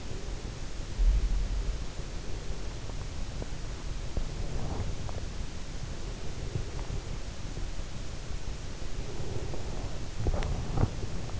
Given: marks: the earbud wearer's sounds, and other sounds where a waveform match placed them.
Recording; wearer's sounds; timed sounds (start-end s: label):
sounds in sleep by an in-ear microphone; breath
0.00-3.01 s: breath
4.26-7.23 s: breath
9.12-11.40 s: breath